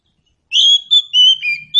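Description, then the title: Magpie-robin whistles: three or four sustained, slightly wavering notes strung together in under two seconds. Local name kacer; meant to prompt a bird to sing in reply. "Nyaut Kacer"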